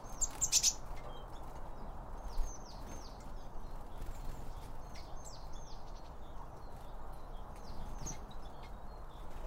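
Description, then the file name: Birds chirping: a sharp bright call burst at the start, then repeated downward-sliding chirps in loose groups, over low background noise. Birds around a bird feeder; recorded with two Line Audio OM 1 microphones. "Birds Around Birdfeeding With Two Om 1 From Line Audio"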